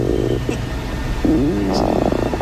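Loud stomach rumbling (borborygmi) in an adult: low gurgling noises with rising and falling tonal squeaks that sound like farting but are not gas, just the stomach. The problem has gone on for about 2.5 to 3 months.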